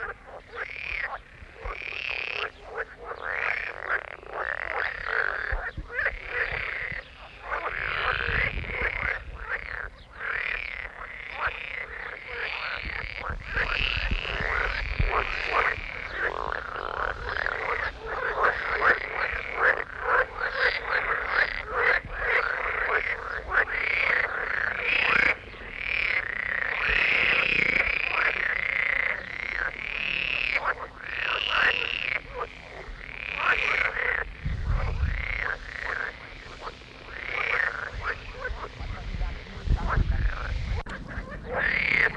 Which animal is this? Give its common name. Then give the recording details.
Edible Frog. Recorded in the wild. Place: Falkenberger Rieselfelder, Barnim, Berlin, DE. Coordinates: 52.5839, 13.5542. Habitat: pond. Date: 1967-06-10. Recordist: Günther, Rainer